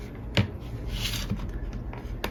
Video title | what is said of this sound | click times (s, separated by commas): OUTDATED VIDEO: Glue the Outside of the crack Instead (it actually works that way) | You'll hear them uh click. | 0.4 s, 2.2 s